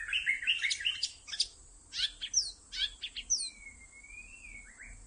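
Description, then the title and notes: White-rumped shama song with fast chattering notes, sharp downslurred whistles and a long steady whistled note near the end, over a noisy hissing background. Lure (pikat) recording made for attracting birds. "MB Pikat. murai batu"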